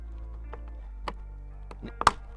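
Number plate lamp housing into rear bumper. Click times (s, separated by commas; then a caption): 2.0 s, 2.1 s. A plastic number plate lamp housing, with its LED bulb fitted, is slid back into its opening in a rear bumper and pushed until its retaining clip snaps home. Faint taps at 0.5, 0.7, 1.1 and 1.7 s lead to two sharp, loud clicks at 2.0 and 2.1 s, over a low steady hum. The housing is seated, clipped into the bumper.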